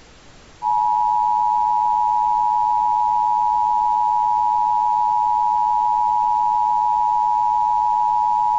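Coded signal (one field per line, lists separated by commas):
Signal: Emergency Alert System (SAME) tones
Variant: 853 and 960 Hz attention tone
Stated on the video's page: Fictional historical EAS/EBS scenario recreation; no real broadcast existed.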